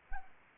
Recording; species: mosquito wingbeat signal from an infrared sensor; Anopheles arabiensis